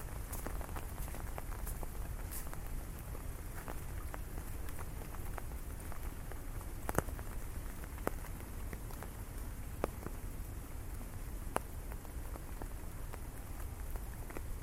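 Steady rain patters on an umbrella during a city walk, a dense, even hiss with a low rumble underneath. Sharp drops tap irregularly throughout, with louder hits near seven, eight, ten and eleven and a half seconds.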